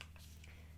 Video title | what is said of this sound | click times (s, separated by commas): Clove + Hallow vs W3ll people Foundation Battle- Green beauty comparison | my skills are not that great I'm putting it back but see how it just kind of snaps back in okay | 0.0 s